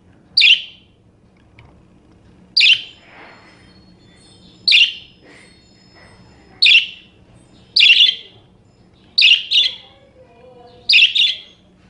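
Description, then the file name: Parakeet calls: loud, harsh, high chirps given singly or in quick doubles about every one to two seconds, with a faint low hum beneath. "suara-burung-parkit -omkicau"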